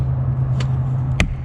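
A plastic door trim piece on an Infiniti QX60 door panel is slid along toward its mounting hole over a steady low hum, with a faint tick at 0.6 s. A sharp, bright snap at 1.2 s marks the piece seating in place.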